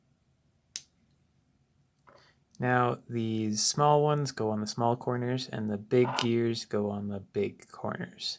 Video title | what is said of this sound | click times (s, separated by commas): Makerspace Mystery Jan 8 2021 | you'll hear it click and that's how you know it's in there nice and good | 0.8 s